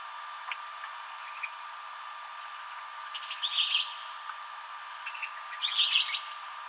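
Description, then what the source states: Western kingbird giving two rough, sputtering high call bursts in the second half, with scattered faint clicks and a constant low hum behind. Recorded on 7 July 2007.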